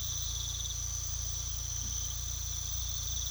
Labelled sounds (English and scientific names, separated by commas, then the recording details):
none
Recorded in pastures near Puerto Asís, Putumayo, Colombia, on 18 December 2024 at 03:00
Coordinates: 0.486, -76.323
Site GP01